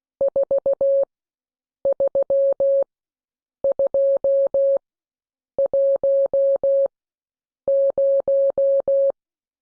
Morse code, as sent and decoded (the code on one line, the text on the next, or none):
....- ...-- ..--- .---- -----
43210